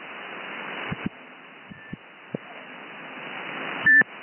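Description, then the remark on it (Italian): Hissing, band-limited CB radio static on a channel in Sassari with a few dull clicks and thumps, then a brief, louder high-pitched electronic beep near the end from someone keying in, with a fainter short tone earlier. “Se c'è qualcuno col beep che schiaccia mentre parli.”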